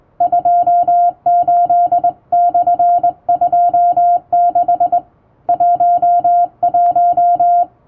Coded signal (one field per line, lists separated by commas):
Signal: Morse code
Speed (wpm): 21 wpm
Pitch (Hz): 700 Hz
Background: music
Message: 28/26 11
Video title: 【手打ちモールス符号のトンツー教室】基本的な打ち方、正しい姿勢で縦振り電鍵で打ちました！綺麗な手打ちモールス符号で送信しよう！欧文電報練習帳を使用しています(morse code practice)